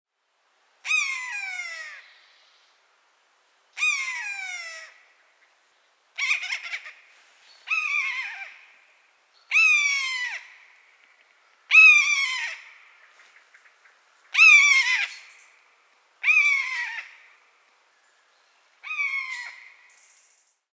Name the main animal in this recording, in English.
Common Buzzard